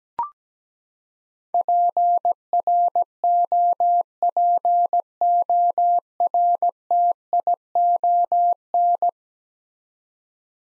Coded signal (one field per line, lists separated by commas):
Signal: Morse code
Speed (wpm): 17 wpm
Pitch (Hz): 700 Hz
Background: none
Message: PROPORTION